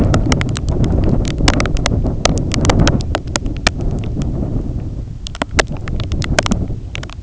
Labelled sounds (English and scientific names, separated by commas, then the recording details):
none
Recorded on Arctic tundra, site IGLO-A, on 20 June 2018
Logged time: 21:59